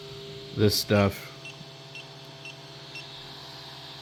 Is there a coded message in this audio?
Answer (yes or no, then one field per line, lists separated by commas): no